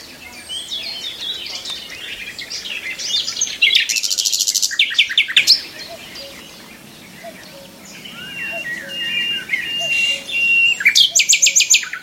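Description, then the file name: Common nightingale: songbird phrases with dense high rattling bursts, varied whistles and quieter stretches, closing with another fast rattle. "Nachtegaal"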